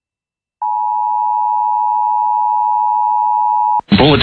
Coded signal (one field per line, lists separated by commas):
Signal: Emergency Alert System (SAME) tones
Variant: 853 and 960 Hz attention tone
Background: speech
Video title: EAS and NOAA Weather Radio Alerts for Historic January 2025 U.S. Gulf Coast Blizzard